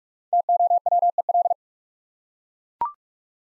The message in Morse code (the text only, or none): TOWEL